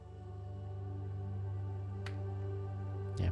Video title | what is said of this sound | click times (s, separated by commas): HG gMS GQuuuuuuX - Bandai | Make sure you hear that pop | 2.1 s